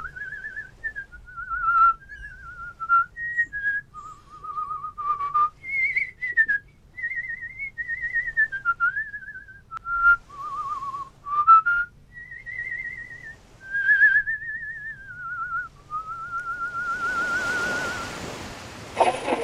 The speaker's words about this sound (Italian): ma lei è così, come gli uccelli, arriva, si posa, fischia e se ne va.